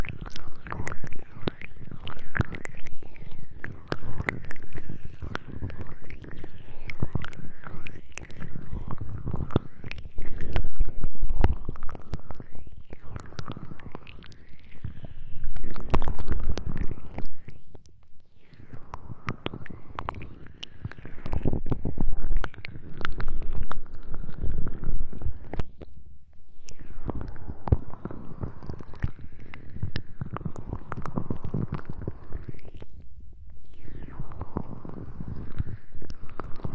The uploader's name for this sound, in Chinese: 自制芦荟胶，按摩你的耳朵